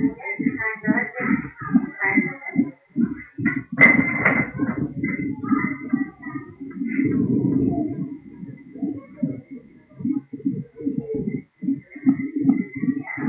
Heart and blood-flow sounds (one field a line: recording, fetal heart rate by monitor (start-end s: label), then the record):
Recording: fetal heart sounds by stethoscope on the mother's abdomen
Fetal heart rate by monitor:
0.00-10.00 s: 138 bpm
From the record:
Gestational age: 40 weeks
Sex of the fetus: girl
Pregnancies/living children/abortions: 2/1/0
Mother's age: 27 years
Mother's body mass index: 31.2